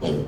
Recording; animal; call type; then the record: contact call of a hoofed animal; pig; closed-mouth grunt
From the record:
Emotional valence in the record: negative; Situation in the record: short social isolation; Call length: 0.28 s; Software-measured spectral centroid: 1640 Hz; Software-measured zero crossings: 900 a second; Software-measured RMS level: -25 dBFS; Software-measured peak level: -11 dBFS